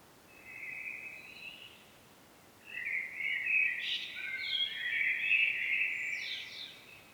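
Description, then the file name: Common blackbird song, a brief mellow whistle followed after a pause by a long rich warble ending in thin, high-pitched chattering notes. "Turdus merula"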